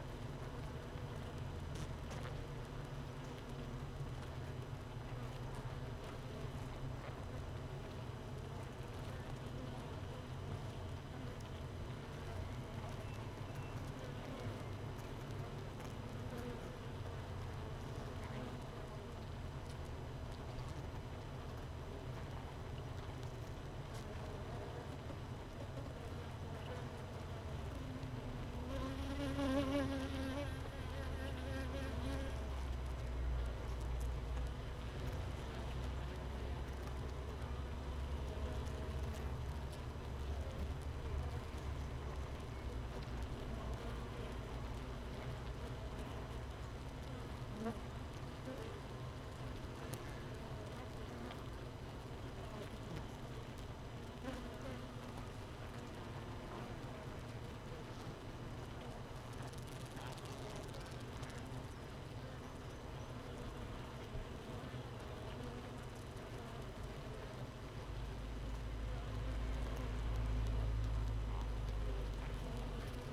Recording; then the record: honeybee colony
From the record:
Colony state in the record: missing queen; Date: 31 May 2018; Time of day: 15:16